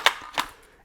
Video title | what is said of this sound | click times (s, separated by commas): Range Report: Century Arms AES-10B2 - Semi-auto Romanian RPK in 7.62x39 | it doesn't lock in for some reason so I don't know if it's that little tab on the back | none